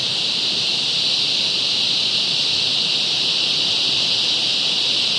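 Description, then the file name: Cicada song, a steady unbroken high buzzing drone throughout, with a dense hiss beneath it. Forest ambience with strong wind through trees, cicada and waves. "zapsplat. nature forest amb strong wind strees cicada waves"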